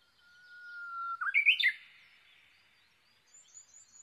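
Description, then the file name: Japanese bush warbler singing one phrase, a sustained whistle followed by a sharp, tumbling two-part flourish, then soft calls of other birds. Recorded on 22 May 2011 at 05:43. "uguisu-20110522-0543"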